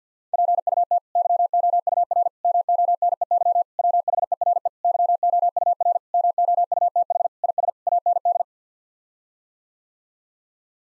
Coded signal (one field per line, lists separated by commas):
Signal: Morse code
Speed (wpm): 50 wpm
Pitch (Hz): 700 Hz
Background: none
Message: PUT YOUR MONEY WHERE YOUR MOUTH IS AND